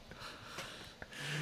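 Hiccups in an adult man, brought on by laughing very hard. He tends to get hiccups badly.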